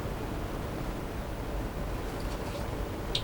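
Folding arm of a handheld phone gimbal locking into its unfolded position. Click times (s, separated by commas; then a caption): 3.1 s. After a push button is pressed, the folding arm of a Snoppa Atom handheld phone gimbal is lifted until it snaps into its locked, unfolded position. A steady low background noise runs throughout, broken by a single sharp, short click at 3.2 s as the arm seats.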